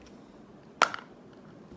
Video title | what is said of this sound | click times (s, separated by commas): Light speed Zulu Mike Boom Repair | once you got those screws out very gently pull this Cup till it clicks | 0.8 s